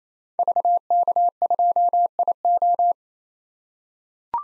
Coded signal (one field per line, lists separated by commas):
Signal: Morse code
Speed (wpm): 28 wpm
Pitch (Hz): 700 Hz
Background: none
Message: VK2IO